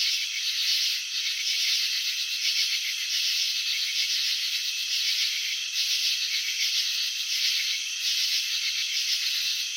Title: Crickets in Slow Motion. Capturing the Elegance of Chirping